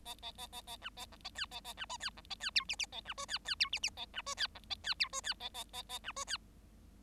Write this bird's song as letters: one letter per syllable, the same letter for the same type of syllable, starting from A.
A A A A A B A C A D A A B E D C A D F G G A B E D D F G G A B E D C A D F E D A A A A B E D